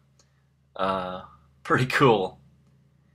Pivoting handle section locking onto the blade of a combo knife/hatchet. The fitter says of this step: you just push down click up and it locks into place um